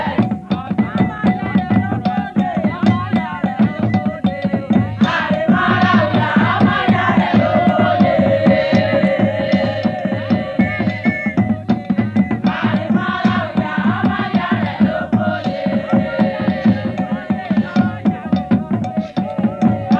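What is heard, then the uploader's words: Group singing rides over a steady, dense drum beat, with fast regular strokes filling the low end throughout. Voices swell into a louder stretch from about five to twelve seconds, then again near thirteen to seventeen, with bright metallic clanks threaded through. Group singing with talking drums, whistles and iron gongs.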